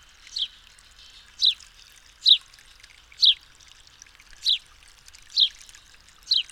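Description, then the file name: House sparrow giving seven bright chirps, each dropping slightly in pitch, spaced roughly a second apart. "Passer domesticus"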